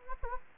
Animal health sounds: mosquito wingbeat signal from an infrared sensor; Anopheles arabiensis

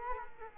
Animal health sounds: mosquito wingbeat signal from an infrared sensor; Culex quinquefasciatus

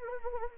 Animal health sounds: mosquito wingbeat signal from an infrared sensor; Anopheles arabiensis

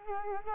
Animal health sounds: mosquito wingbeat signal from an infrared sensor; Culex quinquefasciatus

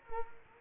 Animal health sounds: mosquito wingbeat signal from an infrared sensor; Culex quinquefasciatus

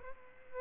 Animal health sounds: mosquito wingbeat signal from an infrared sensor; Aedes albopictus

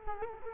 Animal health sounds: mosquito wingbeat signal from an infrared sensor; Culex quinquefasciatus

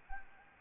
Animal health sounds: mosquito wingbeat signal from an infrared sensor; Anopheles arabiensis

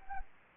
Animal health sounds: mosquito wingbeat signal from an infrared sensor; Anopheles gambiae

